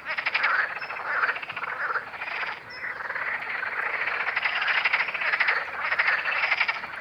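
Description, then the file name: Green frog chorus of many overlapping croaks, with buzzy pulsed bursts standing out over a steady din. "Grenouille verte"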